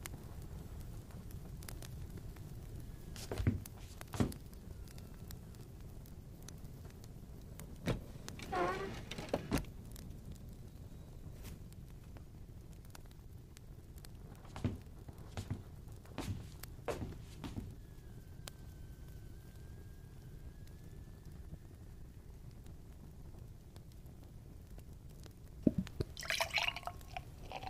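A low, steady rumble fills the room while a fire crackles gently, with sharp pops and snaps scattered irregularly, a cluster near nine seconds and a brighter burst around twenty-six. A faint thin whistle drifts in briefly past twenty seconds.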